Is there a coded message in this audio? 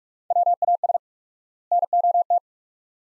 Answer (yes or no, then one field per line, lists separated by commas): yes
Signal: Morse code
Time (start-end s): 0.3-2.4 s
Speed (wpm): 46 wpm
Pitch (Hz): 700 Hz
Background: none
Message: WAS NOT